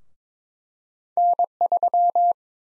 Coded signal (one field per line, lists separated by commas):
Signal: Morse code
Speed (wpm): 22 wpm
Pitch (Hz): 700 Hz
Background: none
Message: N3